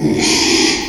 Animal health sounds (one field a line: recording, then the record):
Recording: squeal of a Yucatan mini pig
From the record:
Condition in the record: after surgery on the right vocal fold (resection and tissue-engineered implant)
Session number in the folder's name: 2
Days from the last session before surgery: 13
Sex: male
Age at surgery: 12 weeks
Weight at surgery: 13 kg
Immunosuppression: cyclosporine, prednisolone